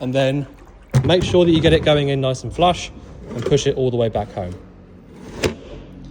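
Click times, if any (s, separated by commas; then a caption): 5.4 s. After blue fluid is added, a plastic toilet waste cassette is pushed all the way back into its bay in an Elddis Autoquest 140 motorhome while someone talks. A sharp click at 5.4 s marks it seating home as the little yellow bit goes over the lip.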